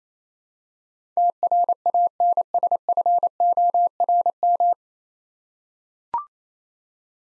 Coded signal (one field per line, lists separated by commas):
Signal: Morse code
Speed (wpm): 28 wpm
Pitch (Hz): 700 Hz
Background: none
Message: TRANSFORM